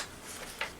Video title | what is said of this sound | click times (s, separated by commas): New Camera Equipment 3/2023 | Locks into place good. | 0.6 s